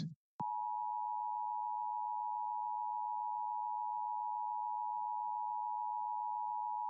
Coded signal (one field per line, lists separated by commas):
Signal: Emergency Alert System (SAME) tones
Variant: 853 and 960 Hz attention tone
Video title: LIVE AM/MW DX: DX Central Live - S. 3, Ep. 24 | Friday, April 7, 2023